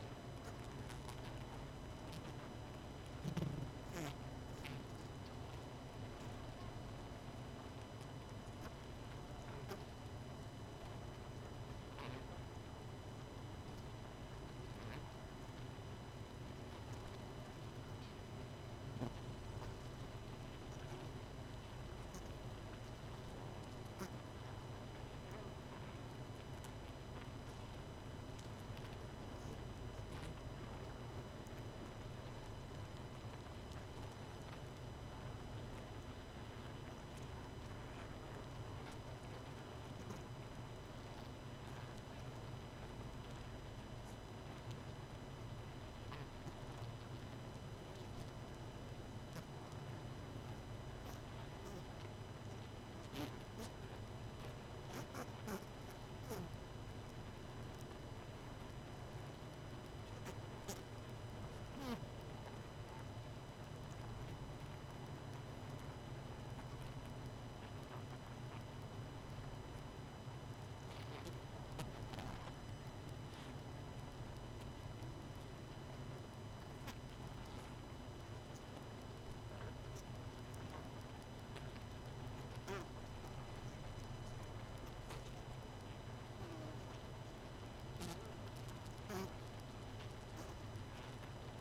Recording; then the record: honeybee colony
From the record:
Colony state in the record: missing queen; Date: 31 May 2018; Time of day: 22:25